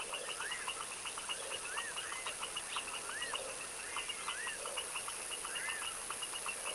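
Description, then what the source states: Foaming frogs calling together, some giving arching rising-and-falling whoops every second or so while others pulse steadily beneath a constant high drone. Foaming frogs in a chorus in a tropical wetland swamp, recorded in the evening at dusk.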